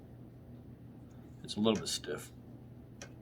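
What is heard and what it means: Someone talks while turning the stiff throw lever of a throw-lever mount on the dovetail rail of a replica rifle, with a faint brief tick near 3.0 s. The part is handled but not yet home, and nothing has seated or clicked yet.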